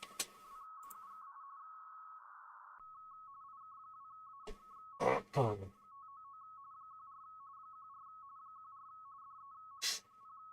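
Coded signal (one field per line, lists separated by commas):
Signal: RTTY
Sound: rapid two-tone warbling teletype chatter, preceded by a steady tone, with short spoken interjections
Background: operator speech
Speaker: KC. No, AUK. There we go. It's a UK. There we go.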